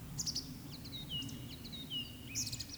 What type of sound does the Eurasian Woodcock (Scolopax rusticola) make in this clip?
whistle, croak